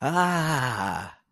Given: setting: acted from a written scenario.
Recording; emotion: vocal sound without words; elation